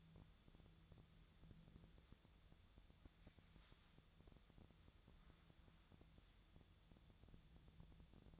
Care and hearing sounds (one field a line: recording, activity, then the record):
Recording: daily activity, microphone in the room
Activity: wipe stove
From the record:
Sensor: 3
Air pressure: 1004.8 hPa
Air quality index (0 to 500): 76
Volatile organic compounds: 2 ppm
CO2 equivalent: 1142 ppm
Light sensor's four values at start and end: 8/19/7/7 and 8/19/7/7